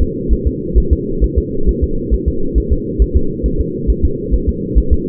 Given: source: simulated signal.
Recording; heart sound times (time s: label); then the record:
fetal heart sounds
0.02 s: S2
0.33 s: S1
0.47 s: S2
0.78 s: S1
0.93 s: S2
1.24 s: S1
1.38 s: S2
1.69 s: S1
1.84 s: S2
2.14 s: S1
2.28 s: S2
2.58 s: S1
2.72 s: S2
3.02 s: S1
3.17 s: S2
3.46 s: S1
3.61 s: S2
3.90 s: S1
4.05 s: S2
4.34 s: S1
4.49 s: S2
4.78 s: S1
4.93 s: S2
From the record:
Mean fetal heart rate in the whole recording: 135 bpm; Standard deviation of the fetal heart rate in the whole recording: 3 bpm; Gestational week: 34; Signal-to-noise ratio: -8.1 dB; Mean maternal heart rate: 72 bpm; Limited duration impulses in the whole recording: absent